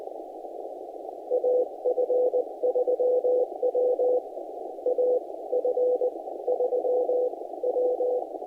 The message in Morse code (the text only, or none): AF3W AF3W